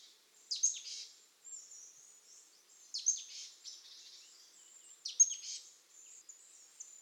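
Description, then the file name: Marsh tit calls: very high, hissy, buzzy bursts with a sharp onset, repeated roughly every two seconds over faint background noise. "Poecile palustris"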